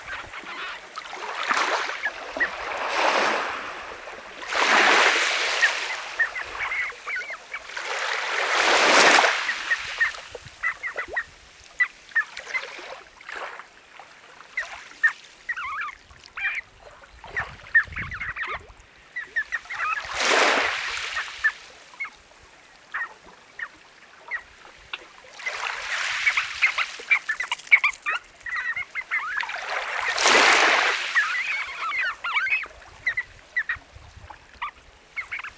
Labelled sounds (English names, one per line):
Red Knot call